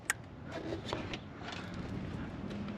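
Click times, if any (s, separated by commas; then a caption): none. A plastic electrical connector is handled and pushed toward an ignition coil pack that has just been refitted on a Mitsubishi Eclipse Cross. Sharp handling ticks and knocks land over a low background hum, the loudest at 0.1 s. The clip ends before the connector goes home, and nothing has seated or clicked yet.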